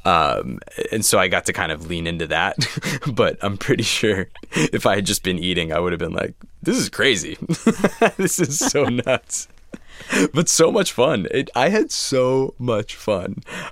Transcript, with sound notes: And so I got to kind of lean into that. But I'm pretty sure if I had just been eating, I would have been like, this is crazy.
(LAUGHTER)
This is so nuts but so much fun. I had so much fun.